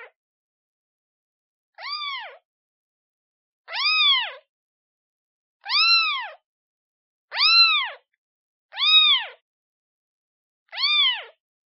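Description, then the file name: Cat: kitten mewing repeatedly, six clear high calls after a brief start, roughly every one and a half to two seconds, in silence. Kitten calling for its mother. "Tieng meo con keu tim me"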